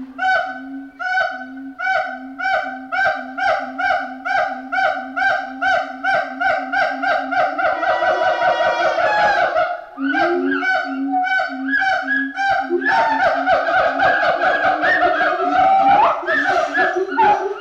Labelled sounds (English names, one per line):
Pileated Gibbon